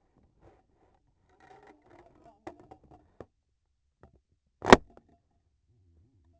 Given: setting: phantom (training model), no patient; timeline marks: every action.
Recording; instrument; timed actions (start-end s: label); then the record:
laparoscopic instrument, vibration sensor on the handle end; scissors
4.28-5.14 s: cutting thread
From the record:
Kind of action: gesture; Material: cotton thread